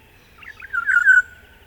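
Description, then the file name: Olive-backed oriole call: a short, liquid phrase of slurred notes ending in a drawn-out whistle that fades, against a quiet background. "Oriolus Sagittatus"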